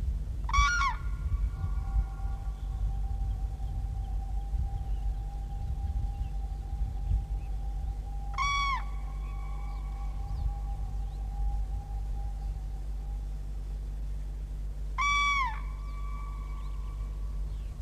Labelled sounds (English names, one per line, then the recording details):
Common Crane call
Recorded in the wild
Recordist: Meyer, Hugo
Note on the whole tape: Trompeten und Quorren dunkel und leise am Nestplatz als Warnlaut, dann lauter und Abflug